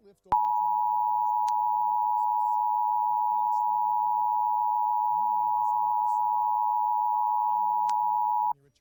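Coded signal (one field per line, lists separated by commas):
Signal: Emergency Alert System (SAME) tones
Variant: 853 and 960 Hz attention tone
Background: speech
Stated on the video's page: Required Monthly Test in San Francisco.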